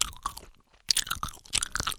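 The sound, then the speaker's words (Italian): Loud, wet crunchy chewing right up against the ear, with irregular smacking bites in two clusters separated by a brief pause, and no voices. “Dà fastidio, vero? Quando uno ti mastica così nell'orecchio.”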